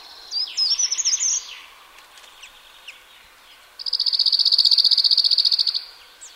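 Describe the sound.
Cirl bunting giving a dry, rattling trill of fast repeated notes lasting about two seconds, preceded by brief sweeping high notes.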